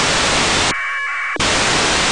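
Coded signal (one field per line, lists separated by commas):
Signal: packet radio (AX.25, as in APRS)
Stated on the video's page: ISS packet received with an RTL-SDR dongle and a turnstile antenna.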